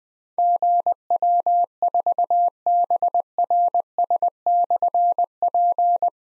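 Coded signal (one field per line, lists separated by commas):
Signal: Morse code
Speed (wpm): 20 wpm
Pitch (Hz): 700 Hz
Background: none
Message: GW4BRS/P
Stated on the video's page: Morse code call sign drill at 20 wpm of difficult slashed call signs for keyboard or pencil copy; each sent, spoken, then sent again.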